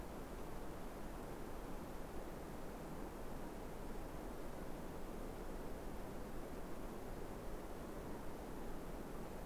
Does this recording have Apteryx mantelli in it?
no